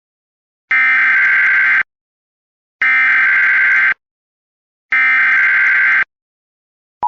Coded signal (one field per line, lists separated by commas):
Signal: Emergency Alert System (SAME) tones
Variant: header bursts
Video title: Emergency alert system (The Mason Network!)